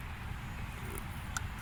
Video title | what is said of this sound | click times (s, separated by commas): 11-14 Coyote mustang GT intake manifold install | sure you hear that click sure they're a bear all the way just | 1.0 s, 1.4 s